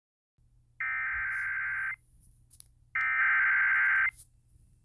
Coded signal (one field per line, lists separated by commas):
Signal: Emergency Alert System (SAME) tones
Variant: header bursts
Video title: Eas svr Eas#856